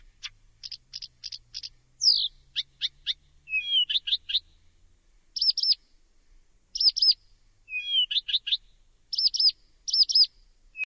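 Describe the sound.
Bird calls: sharp high chips in quick sets, mixed with downslurred whistles and doubled two-note phrases repeated several times, over a quiet background.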